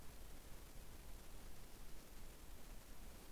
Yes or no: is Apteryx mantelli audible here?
no